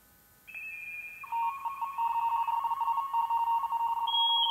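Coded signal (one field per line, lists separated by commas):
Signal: RTTY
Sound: rapid warbling two-tone chatter near 1 kHz, with steady higher whistles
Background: steady carrier tones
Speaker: all right I got confirmed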